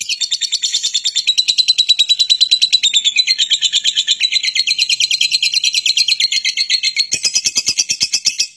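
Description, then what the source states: Lovebird giving a sustained, buzzy chatter of quick high pulses that slowly dips and rises in pitch throughout, with a sharper burst near the end. Long continuous chatter, called ngekek panjang.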